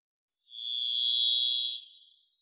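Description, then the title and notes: Varied thrush song: one long, buzzy, steady-pitched whistled note lasting over a second, with a faint trailing fade and otherwise silence. Song; Pacific Northwest, Washington, United States; parabolic single-species recording, processed for clarity with natural pace and rhythm maintained. "Varied Thrush, clean. Varied Thrush, Ixoreus naevius, song. Recorded in the beautiful Pacific Northwest, Washington, United States"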